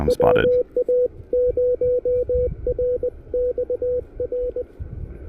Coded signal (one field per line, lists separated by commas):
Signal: Morse code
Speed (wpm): 22 wpm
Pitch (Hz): 500 Hz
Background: speech, radio noise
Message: WA0RXR